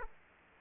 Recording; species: mosquito wingbeat signal from an infrared sensor; Aedes aegypti